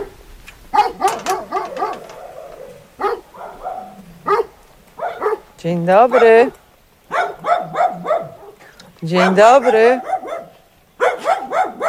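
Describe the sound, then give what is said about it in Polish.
A dog in a Polish border area barks in short bursts of loud, high yelping barks, mixed with people talking and exchanging greetings. “Dobry pies, dobry.”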